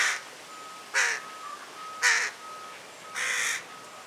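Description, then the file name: Carrion crow calling four harsh, rasping caws spaced about a second apart, with a faint continuous whine behind them. "Corvus corone"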